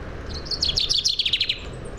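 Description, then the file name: Common chaffinch giving a quick run of about a dozen high, sharp chirps over roughly one second, falling slightly in pitch, with a low steady rumble beneath. "Fringilla coelebs"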